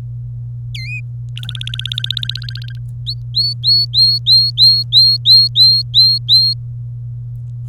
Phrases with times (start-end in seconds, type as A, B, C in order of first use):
0.74-1.00 A, 1.37-2.79 B, 3.07-6.54 C